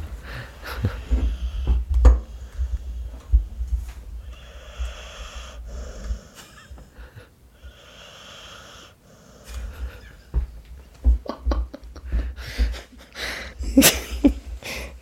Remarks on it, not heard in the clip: You can probably hear FDR snoring. Oh, that dog. Just snoring. Snoring. Full on.